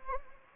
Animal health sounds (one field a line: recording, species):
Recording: mosquito wingbeat signal from an infrared sensor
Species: Anopheles gambiae